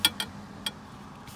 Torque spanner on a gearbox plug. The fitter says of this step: and click there you go that's click yeah that's it that's nice and tight